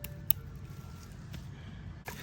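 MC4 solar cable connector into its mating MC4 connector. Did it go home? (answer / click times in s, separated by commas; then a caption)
yes / 0.3 s. A male MC4 solar cable connector and its mating female MC4 connector, plastic housings with metal pins, are pushed together until they latch. A sharp click is heard at 0.3 s, standing out over a steady low background hum, with fainter ticks later. The connectors are seated and locked together.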